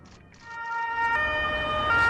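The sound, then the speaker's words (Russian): An ambulance speeding along a city street: its siren blares loudly over low traffic rumble, the bright, steady, harmonic tone swelling in after a quiet start and holding through to the end. “По улице города мчит скорая помощь.”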